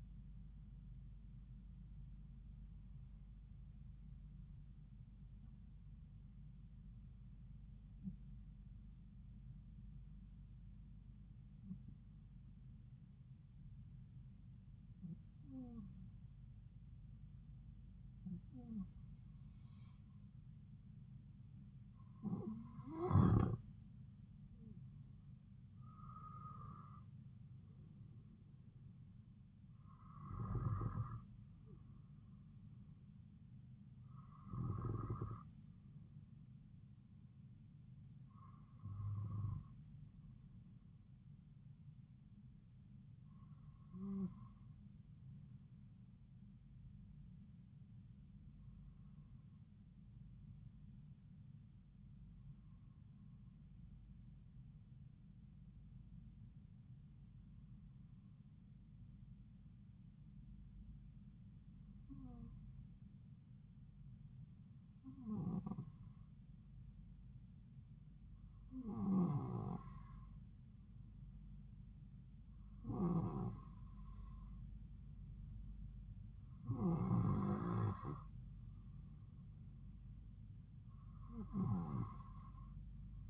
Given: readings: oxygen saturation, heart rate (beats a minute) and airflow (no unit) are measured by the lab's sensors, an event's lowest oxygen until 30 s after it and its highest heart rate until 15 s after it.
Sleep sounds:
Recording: breathing in sleep by a smartphone at the bedside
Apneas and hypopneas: 2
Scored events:
3.00-23.70 s: hypopnea (N2, oxygen 96% highest, then 91% lowest)
12.00-42.00 s: new sleep stage, N1 (lightest sleep)
42.00-83.30 s: new sleep stage, N2 (light sleep)
50.00-68.20 s: hypopnea (N2, oxygen 96% highest, then 92% lowest)
From the record:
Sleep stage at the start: N2 (light sleep)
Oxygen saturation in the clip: 91 to 96%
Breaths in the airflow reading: 21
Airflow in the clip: -4.0 to 3.4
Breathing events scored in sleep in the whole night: 270 in 6.1 hours asleep

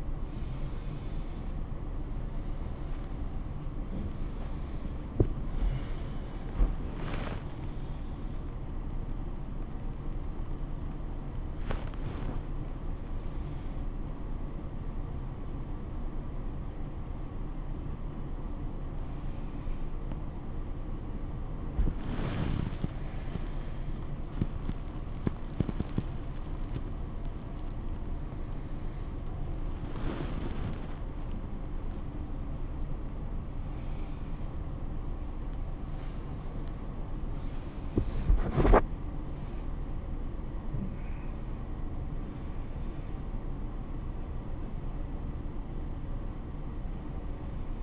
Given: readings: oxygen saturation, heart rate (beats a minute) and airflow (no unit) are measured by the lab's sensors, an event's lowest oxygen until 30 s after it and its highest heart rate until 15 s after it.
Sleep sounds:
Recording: a person awake in a sleep study, by a smartphone at the bedside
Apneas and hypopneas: none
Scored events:
0.00-47.83 s: awake
From the record:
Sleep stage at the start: awake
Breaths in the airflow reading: 15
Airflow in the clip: -0.7 to 0.6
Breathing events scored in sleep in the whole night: 403 in 5.5 hours asleep

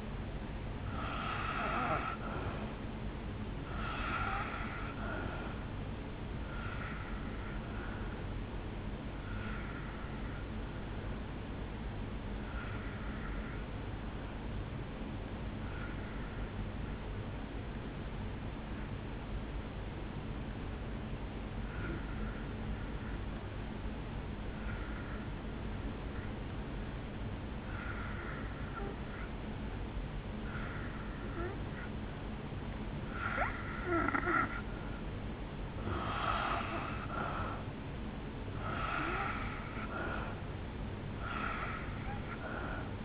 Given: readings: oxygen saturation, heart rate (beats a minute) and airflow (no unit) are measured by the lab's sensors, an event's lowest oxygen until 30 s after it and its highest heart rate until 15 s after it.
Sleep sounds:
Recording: breathing in sleep by a voice recorder at the bedside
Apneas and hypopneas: 1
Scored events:
13.00-35.30 s: hypopnea (N2, oxygen 92% highest, then 82% lowest, heart rate 64 at the start, 70 highest)
From the record:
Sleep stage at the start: N2 (light sleep)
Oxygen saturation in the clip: 82 to 92%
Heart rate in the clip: 59 to 70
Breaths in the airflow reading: 9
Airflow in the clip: -8.7 to 3.3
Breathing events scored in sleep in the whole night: 449 in 7.0 hours asleep

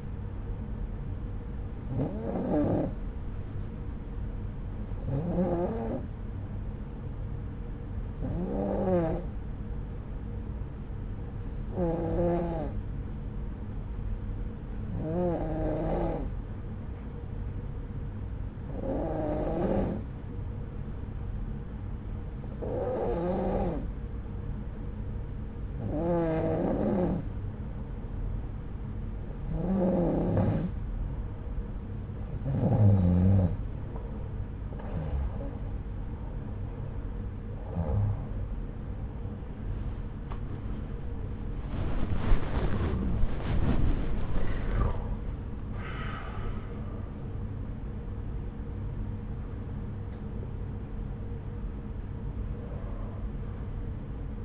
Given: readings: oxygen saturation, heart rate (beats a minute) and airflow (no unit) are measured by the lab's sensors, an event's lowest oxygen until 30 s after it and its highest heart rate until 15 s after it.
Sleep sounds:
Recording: breathing in sleep by a smartphone at the bedside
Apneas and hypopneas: 1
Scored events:
11.00-36.20 s: hypopnea (N2, oxygen 93% highest, then 91% lowest)
38.00-54.44 s: new sleep stage, awake
45.00-54.44 s: awake
From the record:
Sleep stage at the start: N2 (light sleep)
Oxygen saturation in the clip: 91 to 93%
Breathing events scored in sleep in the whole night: 303 in 8.1 hours asleep

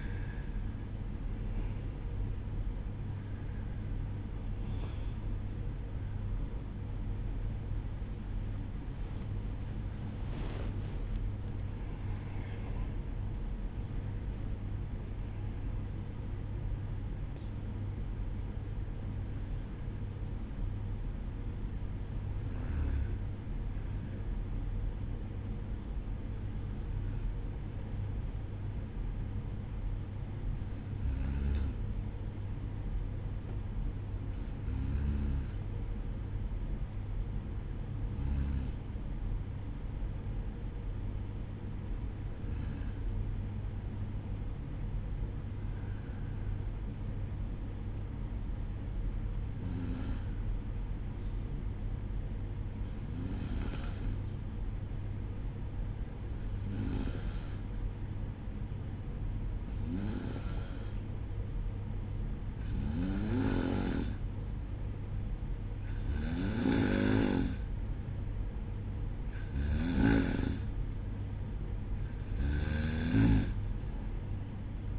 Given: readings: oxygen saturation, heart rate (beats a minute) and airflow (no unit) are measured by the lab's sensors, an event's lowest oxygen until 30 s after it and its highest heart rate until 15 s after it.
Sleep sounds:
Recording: breathing in sleep by a smartphone at the bedside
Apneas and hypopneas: 1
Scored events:
0.00-21.00 s: awake
17.00-74.99 s: new sleep stage, N1 (lightest sleep)
34.00-63.40 s: hypopnea (N1, oxygen 96% highest, then 93% lowest, heart rate 57 at the start, 62 highest)
From the record:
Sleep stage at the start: awake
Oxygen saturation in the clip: 92 to 96%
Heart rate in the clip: 56 to 70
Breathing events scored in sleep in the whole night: 305 in 9.6 hours asleep

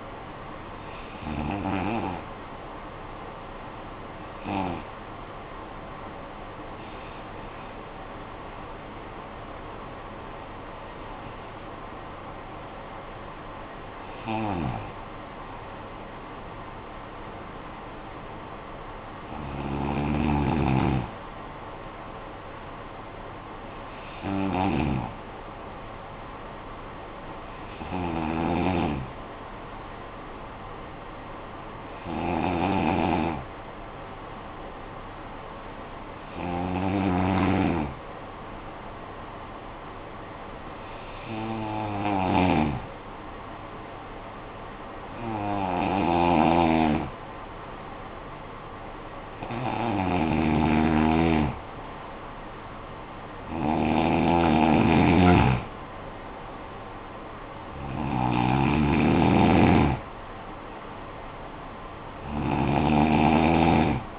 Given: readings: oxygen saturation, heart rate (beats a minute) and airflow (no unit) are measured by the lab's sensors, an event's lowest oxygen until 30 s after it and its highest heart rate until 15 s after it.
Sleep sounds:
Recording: breathing in sleep by a voice recorder at the bedside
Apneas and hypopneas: 2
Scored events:
3.00-16.70 s: hypopnea (N2, oxygen 93% highest, then 89% lowest, heart rate 58 at the start, 65 highest)
35.00-49.60 s: hypopnea (N2, oxygen 94% highest, then 88% lowest, heart rate 51 at the start, 63 highest)
From the record:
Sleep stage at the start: N2 (light sleep)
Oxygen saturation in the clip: 88 to 94%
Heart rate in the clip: 51 to 65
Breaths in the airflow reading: 16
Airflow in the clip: -10.2 to 9.8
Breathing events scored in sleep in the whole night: 445 in 7.6 hours asleep

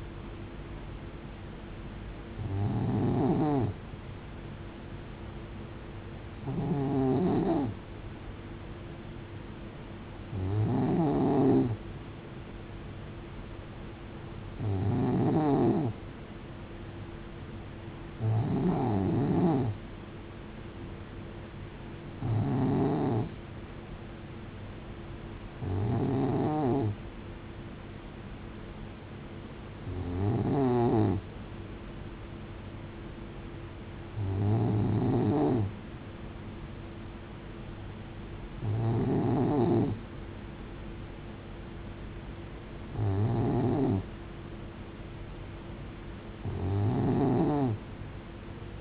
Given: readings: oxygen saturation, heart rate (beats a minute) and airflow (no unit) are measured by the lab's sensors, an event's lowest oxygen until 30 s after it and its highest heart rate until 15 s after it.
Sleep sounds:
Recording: breathing in sleep by a voice recorder at the bedside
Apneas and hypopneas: none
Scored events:
26.00-48.81 s: new sleep stage, N2 (light sleep)
From the record:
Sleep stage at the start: N3 (deep sleep)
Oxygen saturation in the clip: 91 to 92%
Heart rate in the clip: 66 to 75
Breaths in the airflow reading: 12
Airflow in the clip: -6.5 to 4.0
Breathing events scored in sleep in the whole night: 389 in 6.3 hours asleep

